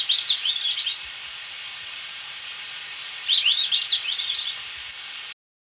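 Golden bush robin uttering two brief phrases of quick, high, twittering notes about three seconds apart, against a constant hissing background.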